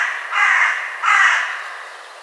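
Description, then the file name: Carrion crow calling twice, two hoarse, grating caws about two-thirds of a second apart. "Corvus corone"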